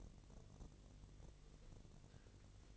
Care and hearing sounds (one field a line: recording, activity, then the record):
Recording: daily activity, microphone in the room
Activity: take from stove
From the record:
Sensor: 4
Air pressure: 1000.1 hPa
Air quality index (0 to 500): 224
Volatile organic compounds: 27 ppm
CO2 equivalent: 2890 ppm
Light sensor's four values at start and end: 9/20/8/7 and 9/20/8/7